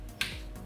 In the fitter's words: and got it snapped in place